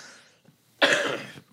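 A single abrupt, harsh adult cough bursts out and lasts just over half a second before fading, preceded by faint hiss. It is one explosive cough indoors, with no wheeze or whoop following it.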